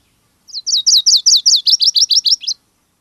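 Virginia's warbler song: a quick run of about a dozen high, sweeping chips over two seconds, the later notes a little lower.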